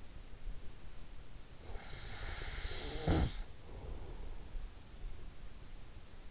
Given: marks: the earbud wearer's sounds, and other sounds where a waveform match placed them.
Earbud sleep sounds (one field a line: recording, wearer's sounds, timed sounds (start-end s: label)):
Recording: sounds in sleep by an in-ear microphone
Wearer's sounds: snoring breath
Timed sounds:
1.60-5.14 s: snoring breath